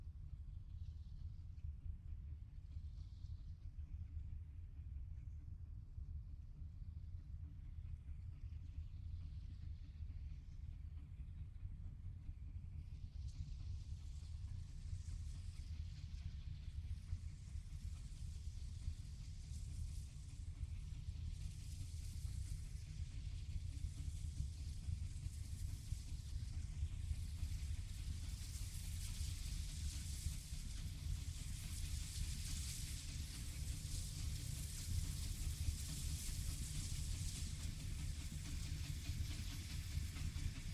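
A small train rolls through a river valley with a steady deep rumble, while a bright hiss builds from about thirteen seconds and grows louder.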